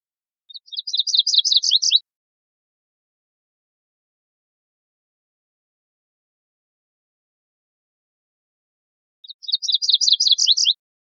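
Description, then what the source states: MacGillivray's warbler song, two rapid phrases of high notes, each about one and a half seconds, separated by long silence. Recorded 16 June 2004.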